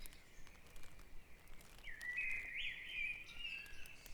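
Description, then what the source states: Bird song: soft chirps at first, then a louder song phrase that starts about halfway and carries on to the end. Dawn chorus at Back Dragon Avenue, Harrogate, part of the Sound Map of Harrogate.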